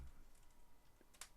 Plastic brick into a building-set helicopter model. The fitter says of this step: Satisfying click.